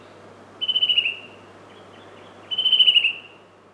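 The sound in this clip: Chestnut-breasted cuckoo uttering two quavering, slightly descending whistled trills about two seconds apart.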